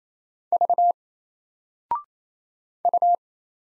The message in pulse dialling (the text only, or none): none